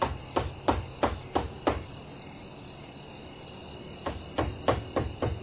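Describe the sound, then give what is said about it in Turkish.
Knocking on the wooden door of a large house: a quick series of five sharp raps, a pause of a couple of seconds, then another brisk round of knocks, with a faint steady insect chirr underneath. “Çal bakalım kapıyı”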